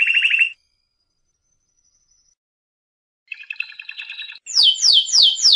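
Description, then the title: Canary song: a short trill, a long gap, then a faint warbling roll and a loud, high, rapidly repeated sweeping phrase. Competition champion canary, first place; singing in the prolific, continuous style called gacor. "Suara Kenari Gacor Suara Kicau Burung Kenari Gacor Juara 1"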